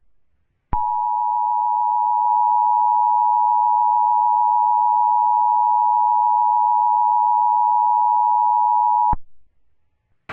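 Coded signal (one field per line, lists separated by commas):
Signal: Emergency Alert System (SAME) tones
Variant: 853 and 960 Hz attention tone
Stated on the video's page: Simulated recreation of EAS tones for a fictional dramatized alert scenario, not a real alert.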